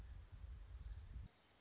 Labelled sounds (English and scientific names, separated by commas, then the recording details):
Orange-crowned Warbler (Leiothlypis celata)
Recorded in Sonoma County, California